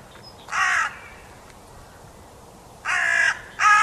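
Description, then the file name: Carrion crow giving harsh caws, one caw followed by a long pause, then two more caws in quick succession near the end. "Corvus corone"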